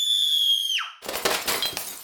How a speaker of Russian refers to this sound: И сразу вслед за ним раздался звон осколков.